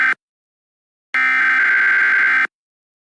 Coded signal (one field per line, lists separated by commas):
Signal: Emergency Alert System (SAME) tones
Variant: header bursts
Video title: Eas Scenario 2 BOOM!!! Reupload